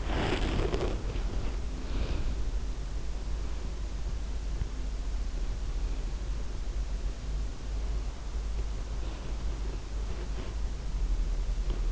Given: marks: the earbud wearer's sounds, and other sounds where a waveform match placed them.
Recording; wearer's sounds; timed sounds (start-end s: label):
sounds in sleep by an in-ear microphone; body movement
0.00-2.43 s: body movement
9.09-11.92 s: body movement